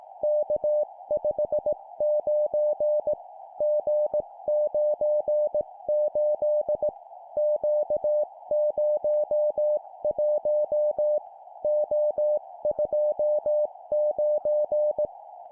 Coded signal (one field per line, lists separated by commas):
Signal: Morse code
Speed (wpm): 18 wpm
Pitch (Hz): 600 Hz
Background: music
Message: K59 G98 Q01 O29